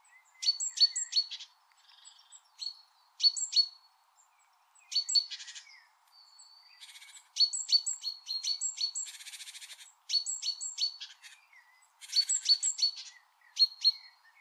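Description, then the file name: Great tit calls: bursts of sharp, high chirps and buzzy notes in clusters every second or two, with a dense buzzy rattle in the middle; faint steady hum beneath. "Parus major"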